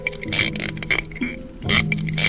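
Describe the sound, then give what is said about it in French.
A spiny lobster's rasping: several harsh, buzzy creaks in quick, irregular bursts, fairly loud, over a steady low hum with no voices. “Pas si bête, une chronique sur le monde sonore animal. Aujourd'hui, la langouste.”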